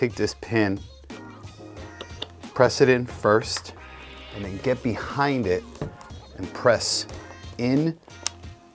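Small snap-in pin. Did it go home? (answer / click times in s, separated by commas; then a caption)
yes / 8.3 s. A quick-release facemask pin is pressed into the shell of a custom KC Chiefs SpeedFlex football helmet, pushed in with a tool and some force until it clicks. Someone talks over background music, and a single sharp click at 8.3 s shows the pin has seated.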